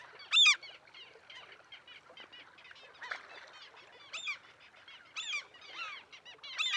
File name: Mew Gull - Larus canus